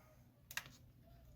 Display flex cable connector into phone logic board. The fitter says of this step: we go you can hear snap into place usually that's how you know you got to get connection sounds in